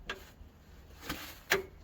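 The last color-coded hydraulic hose quick coupler on a New Holland 7308 tractor loader is lined up and pushed onto its loader valve fitting. Two faint taps at 0.1 and 1.1 seconds come before a sharper, louder snap at 1.5 seconds as the coupler seats.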